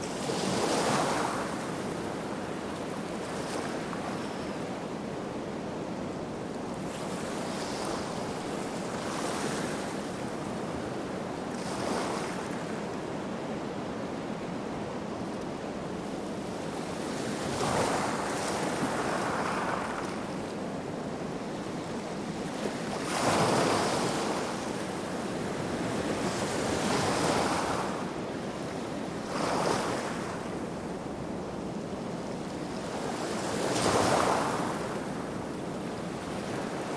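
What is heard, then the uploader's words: Ocean waves crash below in a steady, dense roar, with bright surges swelling every few seconds, strongest around 18, 23 and 34 seconds. A cold wind blows throughout, adding a low rumble and gusty buffeting beneath the surf. Crashing Waves at Pulpit Rock (No Birds For Sleep). Some Audio Recorded by Straget. Ocean waves crash below. A cold wind blows.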